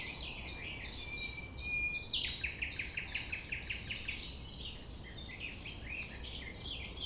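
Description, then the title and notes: Common nightingale song: a short plain whistle, then a fast rattling trill of high notes, followed by repeated descending phrases over soft background noise. Recorded at 6 A.M. at sunrise near the Thève river, Champ de Ménage; the nightingale sings without waiting for silence. "6 A.M. Lever du soleil non loin de la Thève au Champ de Ménage. Le rossignol n'attend pas le silence."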